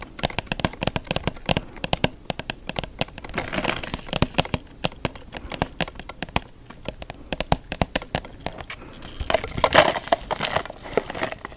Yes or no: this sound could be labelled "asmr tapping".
yes